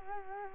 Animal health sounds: mosquito wingbeat signal from an infrared sensor; Culex quinquefasciatus

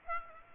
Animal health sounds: mosquito wingbeat signal from an infrared sensor; Aedes aegypti

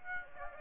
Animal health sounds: mosquito wingbeat signal from an infrared sensor; Aedes aegypti

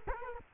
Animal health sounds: mosquito wingbeat signal from an infrared sensor; Culex quinquefasciatus

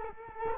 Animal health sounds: mosquito wingbeat signal from an infrared sensor; Culex quinquefasciatus

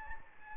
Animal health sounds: mosquito wingbeat signal from an infrared sensor; Anopheles gambiae

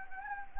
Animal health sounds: mosquito wingbeat signal from an infrared sensor; Anopheles gambiae

